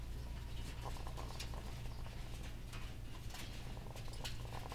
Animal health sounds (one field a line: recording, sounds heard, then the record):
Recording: poultry house recording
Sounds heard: sick chickens (respiratory disease)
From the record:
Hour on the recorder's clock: 15